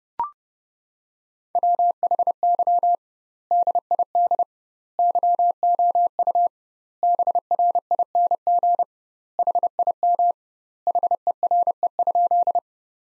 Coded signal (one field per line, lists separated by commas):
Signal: Morse code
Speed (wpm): 30 wpm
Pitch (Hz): 700 Hz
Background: none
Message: WHY DID YOU BRING HIM HERE?